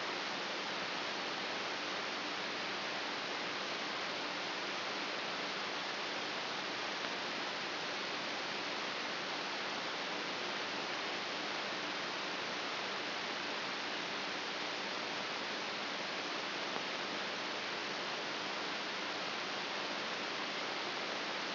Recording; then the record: brain microelectrode recording played as sound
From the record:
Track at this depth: outside the subthalamic nucleus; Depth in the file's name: 5.02 mm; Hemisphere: left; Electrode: 3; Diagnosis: Parkinson's disease